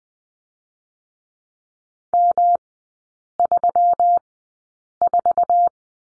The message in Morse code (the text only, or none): M34